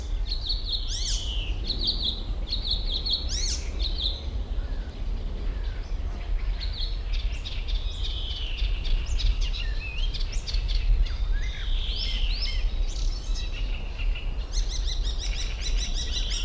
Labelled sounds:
Common Cuckoo (Cuculus canorus) call

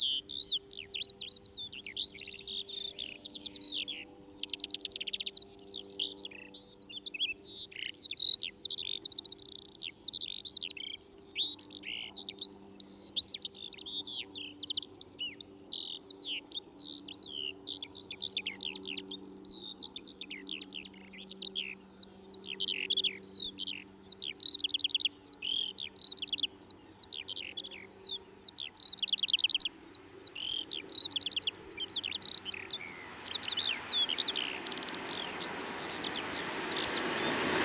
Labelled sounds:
Eurasian Skylark (Alauda arvensis) song

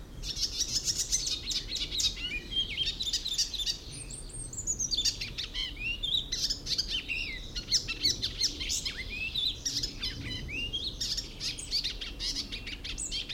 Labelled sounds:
Icterine Warbler (Hippolais icterina)

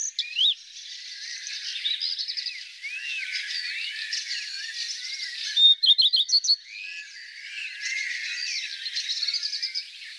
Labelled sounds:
Common Redstart (Phoenicurus phoenicurus) song

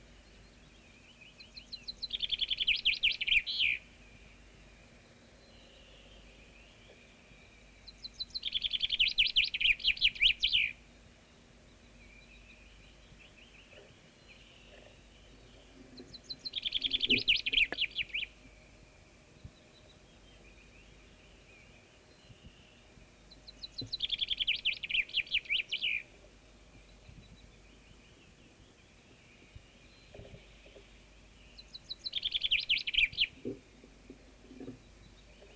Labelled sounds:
Common Chaffinch (Fringilla coelebs) song

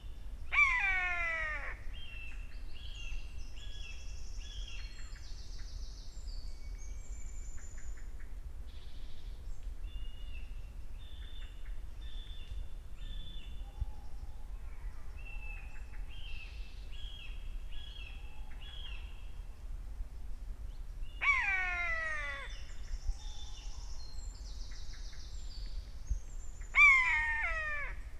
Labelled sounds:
Common Buzzard (Buteo buteo) call

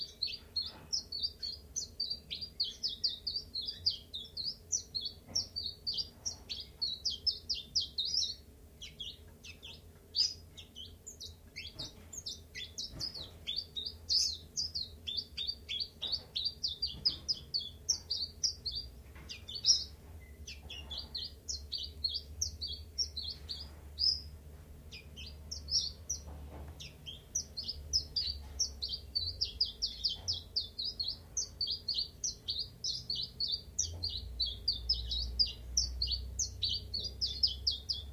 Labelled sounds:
Common Chiffchaff (Phylloscopus collybita)

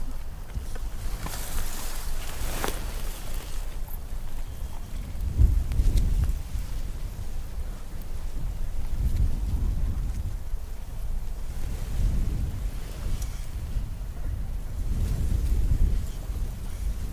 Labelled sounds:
Dark Bush-cricket (Pholidoptera griseoaptera) stridulation

